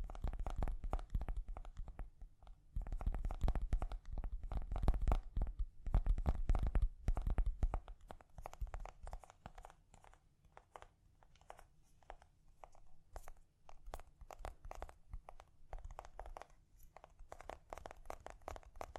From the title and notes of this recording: ASMR Gently Tapping You to Sleep (No Talking).